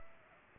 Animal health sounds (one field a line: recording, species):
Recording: mosquito wingbeat signal from an infrared sensor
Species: Aedes aegypti